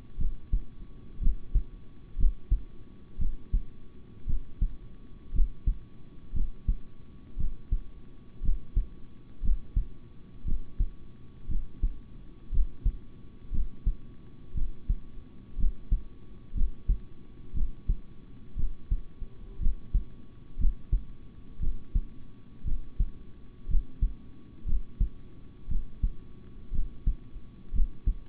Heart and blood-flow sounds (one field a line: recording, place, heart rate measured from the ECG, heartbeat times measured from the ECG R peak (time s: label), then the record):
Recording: heart sounds by stethoscope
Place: between the tricuspid and mitral areas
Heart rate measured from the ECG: 59 bpm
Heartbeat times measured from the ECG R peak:
0.18 s: heartbeat
1.20 s: heartbeat
2.17 s: heartbeat
3.18 s: heartbeat
4.26 s: heartbeat
5.32 s: heartbeat
6.33 s: heartbeat
7.37 s: heartbeat
8.42 s: heartbeat
9.41 s: heartbeat
10.44 s: heartbeat
11.48 s: heartbeat
12.51 s: heartbeat
13.51 s: heartbeat
14.54 s: heartbeat
15.57 s: heartbeat
16.54 s: heartbeat
17.53 s: heartbeat
18.56 s: heartbeat
19.59 s: heartbeat
20.57 s: heartbeat
21.59 s: heartbeat
22.64 s: heartbeat
23.67 s: heartbeat
24.65 s: heartbeat
25.68 s: heartbeat
26.71 s: heartbeat
27.72 s: heartbeat
From the record:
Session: rest, sitting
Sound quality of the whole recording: good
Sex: male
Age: 26 years